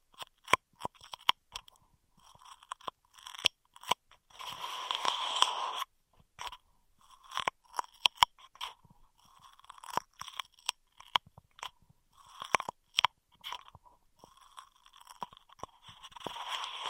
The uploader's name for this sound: Intense Straw Triggers